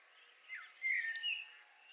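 Common blackbird giving a short fluted phrase of smooth whistled notes with a brief higher flourish; soft hiss underneath.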